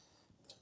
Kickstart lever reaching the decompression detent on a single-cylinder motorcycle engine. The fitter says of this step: it's kind of how you know you get it in the right position. Like clicks like that.